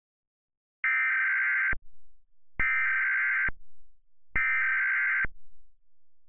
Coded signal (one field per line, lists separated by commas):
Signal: Emergency Alert System (SAME) tones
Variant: header bursts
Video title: RESPONSE TO AT88TV'S EAS VIDEO. MUST WATCH FOR THE TTS COMMUNITY!!!!!!!!!